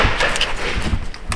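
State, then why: Not seated. A mechanic handles a radiator retaining clip that was not fully clipped into the radiator support, pushing on it to seat it. Short handling knocks and scrapes are heard, with sharper transients near 0.4, 1.1 and 1.3 seconds. Nothing has seated or clicked yet.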